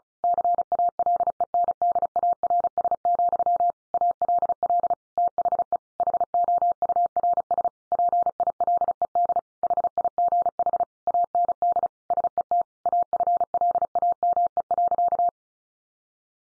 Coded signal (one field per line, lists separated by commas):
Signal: Morse code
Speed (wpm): 34 wpm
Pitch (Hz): 700 Hz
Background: none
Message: CALENDARS, ALL THE HOURS PILED HIGH AND SET AFLAME.